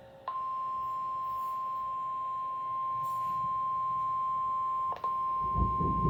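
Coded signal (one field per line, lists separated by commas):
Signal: Emergency Alert System (SAME) tones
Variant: 1050 Hz attention tone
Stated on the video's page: Flash flood warning from the National Weather Service with EAS activation requested.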